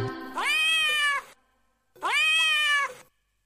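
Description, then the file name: Cat meowing: two long, rising-then-level meows, each lasting nearly a second, with a short silence between them. "Meow"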